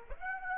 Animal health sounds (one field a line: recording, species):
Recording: mosquito wingbeat signal from an infrared sensor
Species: Aedes aegypti